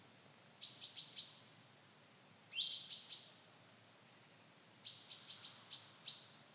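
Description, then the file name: Common chaffinch calling in three bursts of rapid, high, clipped notes, each burst roughly two seconds apart, against a low steady hiss. "Fringilla coelebs"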